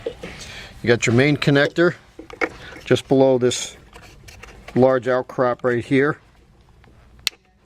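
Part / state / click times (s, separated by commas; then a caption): main wiring connector into the back of the headlamp / seated / 7.3 s. Someone talks while the main wiring connector is pushed into the back of the headlight assembly on a full-size Range Rover. A single sharp click at 7.3 s marks the connector latching, seated and secure.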